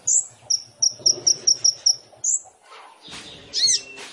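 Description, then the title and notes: Sunbird calls: a run of evenly repeated high sharp notes between two louder chirps, followed by softer mixed twittering. Indonesian masteran training recording for songbirds; described as full of varied notes (isian) and bursts (tembakan), suited as a lure (pancingan); bird described as gacor (singing vigorously). "MASTERAN KOLIBRI NINJA TERBAIK FULL ISIAN DAN TEMBAKAN MEWAH COCOK BUAT PANCINGAN. Suara Burung Kolibri Ninja Gacor"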